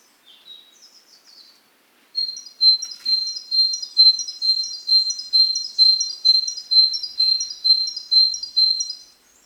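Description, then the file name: Great tit starting with faint, scattered high notes, then launching into a loud, steady series of sharp paired notes repeated about twice per second. "Parus major"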